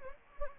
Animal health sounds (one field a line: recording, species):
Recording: mosquito wingbeat signal from an infrared sensor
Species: Anopheles gambiae